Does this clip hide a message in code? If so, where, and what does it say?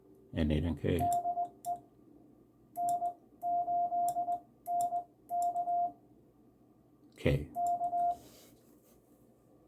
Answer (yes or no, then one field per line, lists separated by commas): yes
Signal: Morse code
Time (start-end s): 1.0-8.1 s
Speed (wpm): 20 wpm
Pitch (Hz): 700 Hz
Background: speech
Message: DE N8NK K